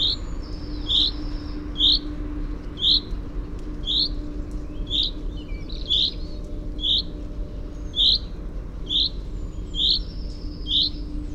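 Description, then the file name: Common chaffinch calling steadily: a clipped, high, sharp note repeated about every second, many times, with soft low hum behind. "Fringilla coelebs"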